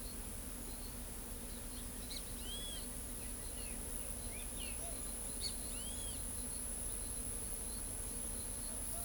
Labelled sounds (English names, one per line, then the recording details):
Great Kiskadee
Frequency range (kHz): Great Kiskadee 1.5-9.6 kHz
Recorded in pastures near Pivijay, Magdalena, Colombia, on 2 June 2023 at 09:00
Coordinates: 10.456, -74.369
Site P6-G026